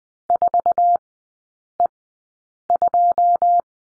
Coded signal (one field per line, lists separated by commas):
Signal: Morse code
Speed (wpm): 20 wpm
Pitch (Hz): 700 Hz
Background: none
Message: 4E2